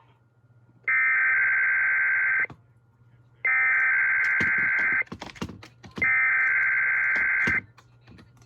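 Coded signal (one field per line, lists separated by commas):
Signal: Emergency Alert System (SAME) tones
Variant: header bursts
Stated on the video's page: EAS test on KDKA.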